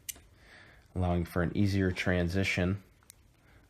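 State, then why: Seated. A metal screwdriver bit is pushed into the magnetic center-axis bit holder of a Gerber multi-tool and locks into place magnetically with a sharp tick at 0.1 s. Someone then talks, and two faint ticks follow at about 3.0 and 3.1 s.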